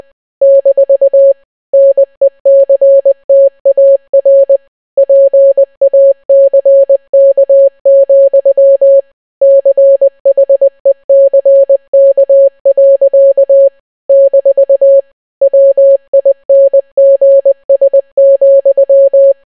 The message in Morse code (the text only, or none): - NECTAR PACK, CHECK. - WINGS,